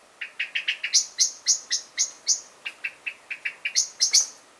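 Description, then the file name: Common blackbird giving a continuous string of clucking and sharp chink notes, lower and higher clicks mixed in an uneven, hurried rhythm. "Turdus merula"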